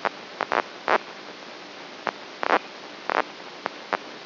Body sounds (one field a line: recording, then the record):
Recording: brain microelectrode recording played as sound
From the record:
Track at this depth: inside the subthalamic nucleus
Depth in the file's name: 2.44 mm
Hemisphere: right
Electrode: 2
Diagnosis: Parkinson's disease